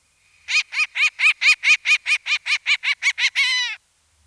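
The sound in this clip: Short-eared owl producing a rapid series of about fourteen harsh, buzzy barks that finish in a longer wavering note; background otherwise silent.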